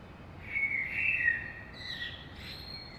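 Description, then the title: Common blackbird delivering one fluty warbled phrase followed by a thinner, higher chattering tail, with a faint background hiss. Saint-Gilles, Belgium; early morning; recorded with a DPA 2006c AB pair into a Zoom F3. "Saint-Gilles, Belgique - Blackbird - Merle"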